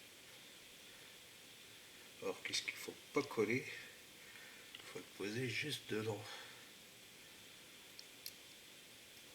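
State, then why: Seated. A plastic part from a Tamiya 1/12 Yamaha YZF-R1M model kit is set into its mount on the motorcycle model and pushed in while someone talks. After the talking, two small clicks sound at 8.0 s and 8.3 s as the part snaps home and is seated. It is then checked and found to turn.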